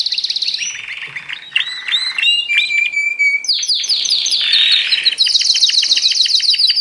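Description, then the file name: Canary song mixing rapid trills, clear whistled loops and a sustained whistle, then a dense high rattling tour with repeated strokes. Canary trio song used as a master training recording for songbirds. "kenari trio masteran omkicau"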